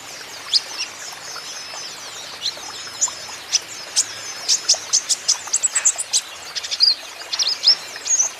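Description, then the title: Van Hasselt's sunbird song: thin, very high chips and short sharp notes scattered irregularly, quickening into a busier run of twitters in the second half, over steady faint hiss. Caged, lively (gacor) singing bird; used as a lure and for training, to make untrained konin birds answer. "KOLIBRI NINJA KONIN IJOAN GACOR COCOK UNTUK PANCINGAN TERAPI KONIN BAHAN PASTI NYAUT"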